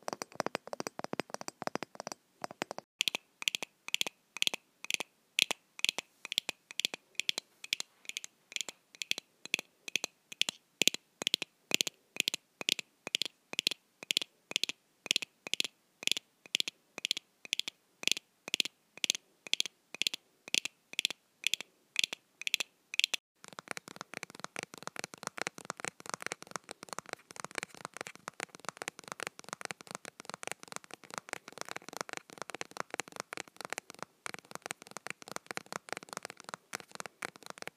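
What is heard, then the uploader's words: Objects, mostly plastic, are tapped with crisp bright clicks. After a brief quicker start, the taps fall in an even rhythm of about two per second, some with a faint ring. Past the twenty-three-second mark they turn faster, softer and denser. Tapping various objects— mostly plastic, with one glass and one ceramic— at a medium speed.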